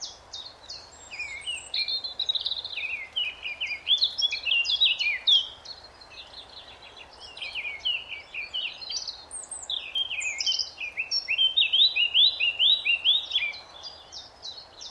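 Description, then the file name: Eurasian blackcap delivering a long, rapid, varied warble of chattering and slurred whistled notes, dipping briefly midway, over a soft background hum. "Sylvia atricapilla"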